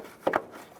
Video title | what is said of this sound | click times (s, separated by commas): How to Replace Clutch Slave Cylinder 2005-2010 Chevrolet Cobalt | And lock it down. | 0.3 s, 0.4 s